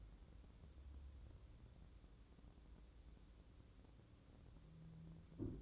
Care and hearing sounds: daily activity, microphone in the room; wipe stove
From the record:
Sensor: 3

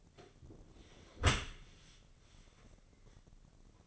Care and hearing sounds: daily activity, microphone in the room; close dishwasher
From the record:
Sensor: 4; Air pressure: 1013.2 hPa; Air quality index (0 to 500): 172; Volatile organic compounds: 2 ppm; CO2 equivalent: 1090 ppm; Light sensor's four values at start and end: 71/177/73/74 and 71/175/72/73

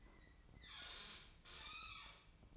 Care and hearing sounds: daily activity, microphone in the room; open fridge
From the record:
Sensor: 1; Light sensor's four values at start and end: 12/28/12/13 and 12/28/11/13

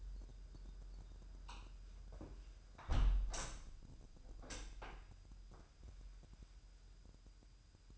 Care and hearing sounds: daily activity, microphone in the room; close window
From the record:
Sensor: 2

